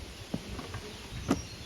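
A plastic top box is re-mounted on its base plate on the rear rack of a modified Honda CB200X motorcycle, with its two front points hooked in and the back pressed down. A single short click at 1.3 s marks the latch locking, seating the box perfectly on its mounting plate.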